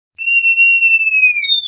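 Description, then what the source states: House mouse vocalization: one long, pure whistle held at a steady pitch, sagging slightly near the end, with brief fainter higher tones above it. BTBR T+tf/J strain, a mouse model of autism, showing an unusual vocal repertoire.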